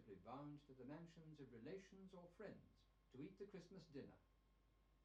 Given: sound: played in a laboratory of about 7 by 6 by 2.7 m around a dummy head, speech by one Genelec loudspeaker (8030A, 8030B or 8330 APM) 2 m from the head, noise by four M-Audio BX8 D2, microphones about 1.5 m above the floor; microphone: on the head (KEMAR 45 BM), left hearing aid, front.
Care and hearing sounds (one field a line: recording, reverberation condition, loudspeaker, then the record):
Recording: male speech in English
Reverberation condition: low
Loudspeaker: 120 degrees to the right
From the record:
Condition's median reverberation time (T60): about 310 ms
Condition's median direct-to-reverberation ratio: about 3.5 dB